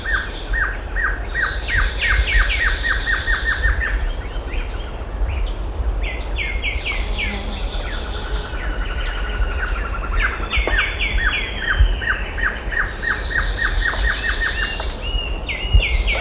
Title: LuckyPassaro Completos2Sama. Glossy Antshrike (Sakesphorus luctuosus)